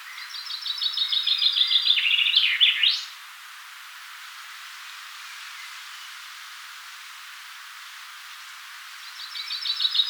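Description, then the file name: Common chaffinch song: a rattling run of bright notes dropping in pitch and closing with a quick twisting flourish, then silence before the next song begins at the end. "Fringilla coelebs"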